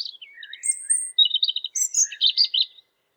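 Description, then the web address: European robin song, one continuous run of high sliding whistles, thin sustained notes and quick warbled trills, with no other sounds. "geluiden roodborst zang"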